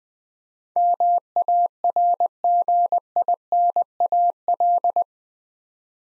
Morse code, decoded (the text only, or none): MARGINAL